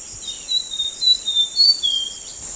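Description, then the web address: Brown fulvetta giving thin, high whistled notes in a drawn-out series, some slurred up or down, against a constant shrill insect chorus. Recorded at Danum on 9 August 2009. "DANUM 20090809. brown fulvetta"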